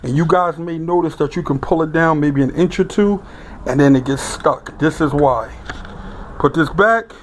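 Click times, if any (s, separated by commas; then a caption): none. Someone talks while handling the manual valve lever in the valve body of a 42RLE automatic transmission from a Jeep Liberty, moving it back into position so the valve body can be pulled out without snagging. A loose lever lets the valve body come down only an inch or two before it gets stuck. The lever is being handled, and nothing has seated or clicked yet.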